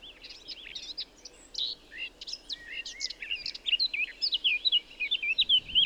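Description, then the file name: Eurasian blackcap delivering a long, rapid scratchy warble that grows steadily louder and ends in rich, clear whistled notes. "Sylvia atricapilla"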